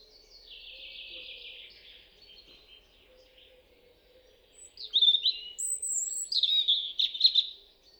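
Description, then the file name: European robin song, starting with a quiet, rippling high trill, then a bright phrase of piercing whistles and quick warbled notes after a pause. "Erithacus rubecula"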